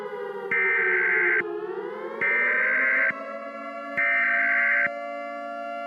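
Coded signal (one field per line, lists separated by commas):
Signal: Emergency Alert System (SAME) tones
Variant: header bursts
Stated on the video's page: Fictional EAS scenario using valid SAME tones.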